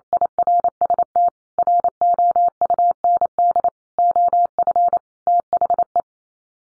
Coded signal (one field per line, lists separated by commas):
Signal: Morse code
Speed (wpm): 28 wpm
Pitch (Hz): 700 Hz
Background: none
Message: IRST ROUND OF THE